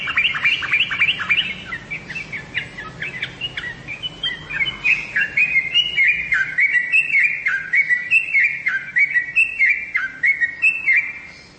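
Bird song starting with fast descending squeaks, then settling into a run of chirped phrases.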